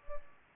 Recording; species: mosquito wingbeat signal from an infrared sensor; Culex pipiens